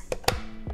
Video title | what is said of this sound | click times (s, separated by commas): How to Build a Mesmerizing Infinity Mirror - KiwiCo | should here click on this side and over here | 0.1 s, 0.3 s